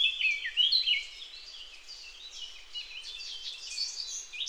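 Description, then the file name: Eurasian blackcap song opening with a few bright, clear whistled notes, then a softer, rapid scratchy warbling that continues steadily to the end. "Sylvia atricapilla"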